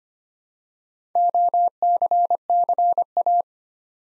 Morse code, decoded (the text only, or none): OCCA